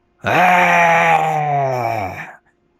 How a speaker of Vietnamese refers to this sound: Con thú há miệng gầm lên, hai vòng khí lưu lung lay một hồi cũng không bị phá, tai chỉ có chút ngương ngáy cũng chẳng nghe thấy gì thêm nữa.